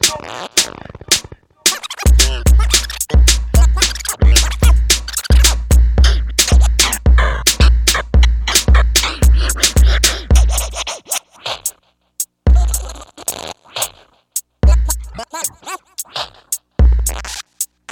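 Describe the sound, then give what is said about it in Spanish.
Loud DJ turntable scratching, fast rhythmic zips and rubs cutting back and forth over a steady thumping bass beat, breaking off briefly, then returning in sparser bursts. “Vamos a darle con los platos”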